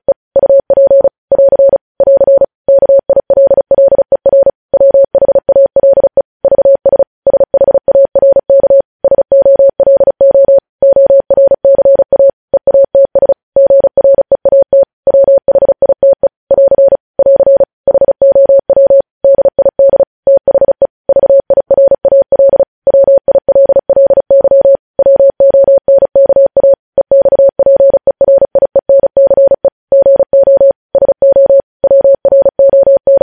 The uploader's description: Morse code